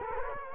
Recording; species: mosquito wingbeat signal from an infrared sensor; Culex quinquefasciatus